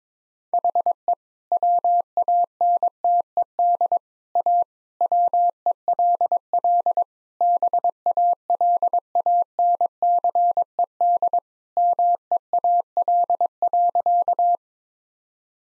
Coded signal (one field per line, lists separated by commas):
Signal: Morse code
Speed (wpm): 22 wpm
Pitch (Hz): 700 Hz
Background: none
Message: HE WANTED A WELL BALANCED MEAL.